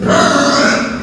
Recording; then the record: squeal of a Yucatan mini pig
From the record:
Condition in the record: after surgery on the right vocal fold (resection and tissue-engineered implant); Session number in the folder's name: 11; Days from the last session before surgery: 98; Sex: female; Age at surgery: 19 weeks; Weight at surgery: 25 kg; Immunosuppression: prednisolone